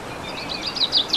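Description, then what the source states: Bird song fragment: a handful of quick, high notes ending in a few brighter chirps, with a faint hiss behind. Recorded 15 March 2014 with an MZ-N710 recorder.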